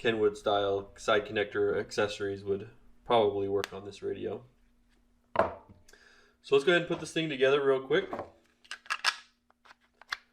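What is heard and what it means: Someone talks while handling the battery pack for a BelFone BF-7110 analog handheld two-way radio, which is meant to sit on the bottom of the radio and slide up until it latches. Short handling knocks are heard around 5.4 s, 8.7–9.0 s and 10.0–10.1 s. The clip ends before the pack goes home, so nothing has seated or clicked yet.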